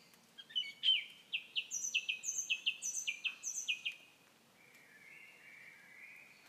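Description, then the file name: Common nightingale song: a fast rhythmic series of repeated notes, followed by a soft drawn-out whistle. "Nachtegaal"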